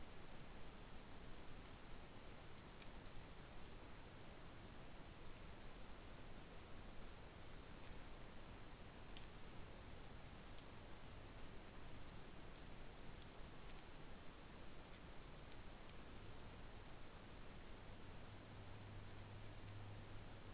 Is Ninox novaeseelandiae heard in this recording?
no